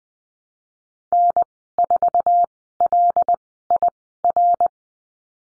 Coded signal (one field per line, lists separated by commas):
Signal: Morse code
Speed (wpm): 20 wpm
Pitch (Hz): 700 Hz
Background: none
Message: N4LIR